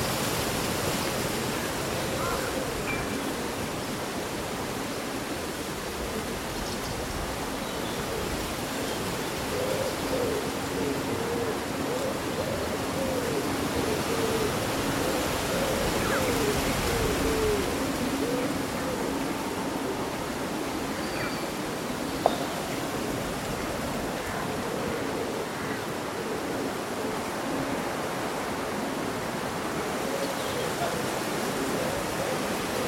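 Leaves rustle steadily in a cool summer breeze, a dense, even hiss that barely changes over the half minute. Faint bird calls surface now and then, mostly brief chirps around the middle, and a single sharp tick stands out near the 22-second mark.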